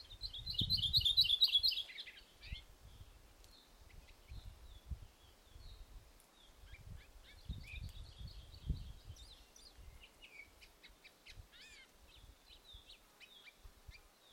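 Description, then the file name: Maui parrotbill with one loud high trilled phrase early on, then scattered sharp chip notes and short slurs over soft low thumps. "Maui Parrotbill Pseudonestor xanthophrys"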